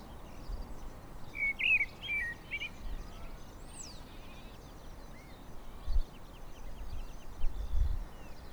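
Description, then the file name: Eurasian blackbird with a brief cluster of clucking call notes around two seconds, followed by faint high whistles and ticks from other birds against low background rumble. "Turdus merula"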